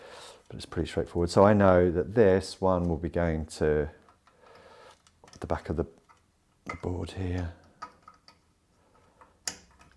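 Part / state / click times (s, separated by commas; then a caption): transformer lead connector into PCB header / seated / 9.5 s. Someone talks while plugging the output transformer's wire connector into its header on the back of the circuit board of an Elekit TU-8888 monoblock push-pull power amplifier. A few faint handling ticks come before a sharp click at 9.5 s as the connector seats firmly in the header.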